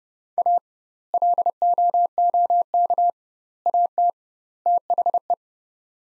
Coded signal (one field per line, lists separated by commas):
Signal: Morse code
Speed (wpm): 30 wpm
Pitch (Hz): 700 Hz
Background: none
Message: A LOOK AT THE